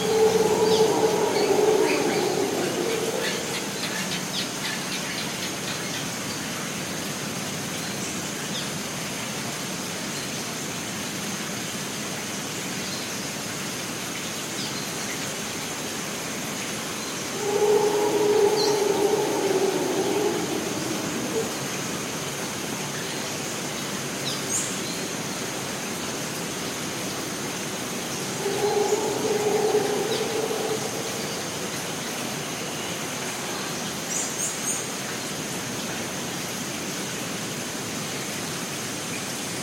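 Monkeys howl in three droning bursts, near the start, around seventeen seconds and near thirty, over a steady hiss and thin insect whine.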